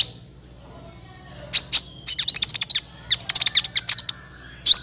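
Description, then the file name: Van Hasselt's Sunbird song: bursts of rapid, very high staccato chips and slurred notes in two quick runs, over a faint low hum. "suara kolibri ninja"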